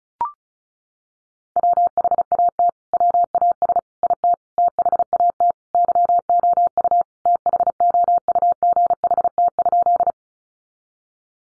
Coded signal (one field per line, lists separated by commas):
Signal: Morse code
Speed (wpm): 34 wpm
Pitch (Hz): 700 Hz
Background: none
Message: WHAT WAS IT THAT YOU THOUGHT?